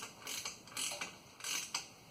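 A ratchet-type torque wrench tightens a reinstalled drain plug into the oil pan of a 1997 Chevy 1500 5.7, with bursts of ratcheting at about 0.3, 0.8 and 1.5 s. A sharp click at 1.7 s marks the wrench clicking on the drain plug.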